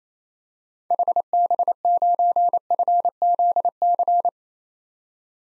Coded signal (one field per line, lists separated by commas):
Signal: Morse code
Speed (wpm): 28 wpm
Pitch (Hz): 700 Hz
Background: none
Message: HB9FZC